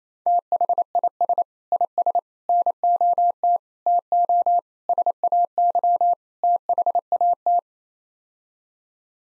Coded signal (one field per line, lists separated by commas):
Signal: Morse code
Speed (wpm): 28 wpm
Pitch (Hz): 700 Hz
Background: none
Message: THIS IS NOT TO SAY THAT